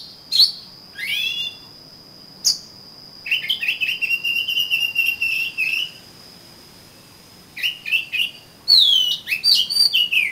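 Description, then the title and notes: Oriental magpie-robin song, clear whistles and a long rapid run of buzzy notes, then bursts of sharp phrases, with a thin high tone held through much of it. "suara kacer. kumpulan suara burung kacer"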